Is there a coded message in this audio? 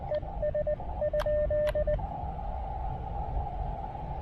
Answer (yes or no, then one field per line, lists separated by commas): yes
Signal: Morse code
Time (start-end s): 0.1-1.9 s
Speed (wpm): 19 wpm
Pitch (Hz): 590 Hz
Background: radio noise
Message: ES?